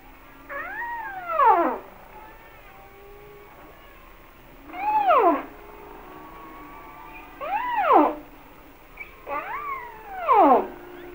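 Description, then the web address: Humpback whale song: several harmonic wails that rise briefly then sweep steeply downward, with faint long tones between them. "Natures Songs Whale Songs Sounds of Nature - Humpback Whales"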